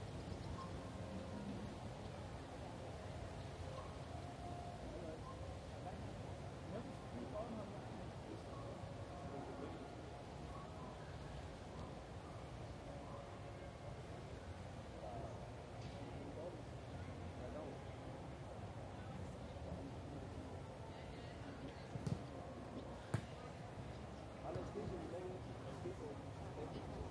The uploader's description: the vibrant mix of people passing by, fragments of conversations, distant Blaskapelle, and the distant sounds of football and badminton matches